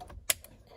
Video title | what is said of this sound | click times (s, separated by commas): Fortin Evo-One/ Thar-One-Maz3 - Remote Start Install on Mazda 2019 CX-5 GT | There's a click. We like hearing those. | 0.3 s